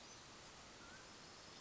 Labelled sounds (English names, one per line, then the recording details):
Mountain Quail
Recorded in Sonoma County, California